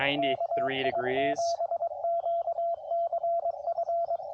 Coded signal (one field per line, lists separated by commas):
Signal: Morse code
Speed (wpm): 23 wpm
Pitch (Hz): 690 Hz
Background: speech, radio noise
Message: KI7QCF